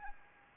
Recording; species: mosquito wingbeat signal from an infrared sensor; Anopheles arabiensis